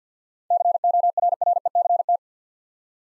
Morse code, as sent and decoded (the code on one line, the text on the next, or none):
-.-. --- .-. .-. . -.-. -
CORRECT